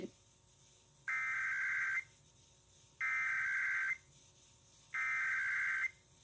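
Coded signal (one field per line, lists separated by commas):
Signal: Emergency Alert System (SAME) tones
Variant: header bursts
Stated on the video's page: 2017 National Periodic Test of the EAS, received on the area's LP2 radio station.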